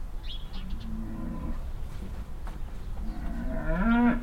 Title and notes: Heiderscheid - farmstead cow. At a farmstead nearby a willow. A constantly loud mooing cow and moves behind a bush. Other cows answer more silently